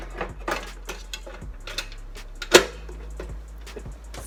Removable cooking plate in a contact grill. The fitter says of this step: Just snaps right in, super easy.